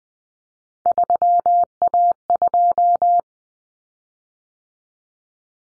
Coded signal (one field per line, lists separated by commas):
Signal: Morse code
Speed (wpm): 20 wpm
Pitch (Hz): 700 Hz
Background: none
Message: 3A2